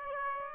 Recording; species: mosquito wingbeat signal from an infrared sensor; Aedes aegypti